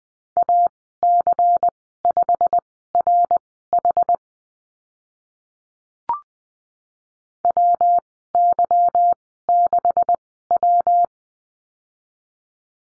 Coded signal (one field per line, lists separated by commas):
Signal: Morse code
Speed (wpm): 20 wpm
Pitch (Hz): 700 Hz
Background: none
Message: AC5RH WY6W